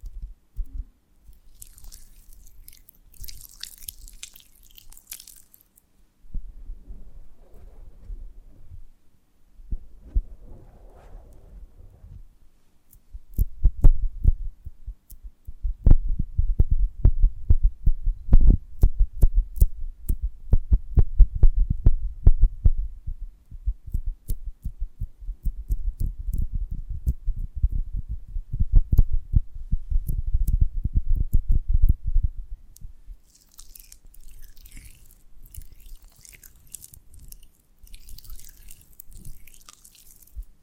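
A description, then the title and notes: Quiet honeycomb handling: fine, bright crackling at the start and again after about 33 seconds, with soft muffled rustles near 7–12 seconds. From roughly 13 to 32 seconds, dense, low, squishy thumps pulse steadily, like wax pressed and squeezed. ASMR of a Honeycomb on Branch (No Talking).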